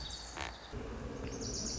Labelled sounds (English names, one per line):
Lazuli Bunting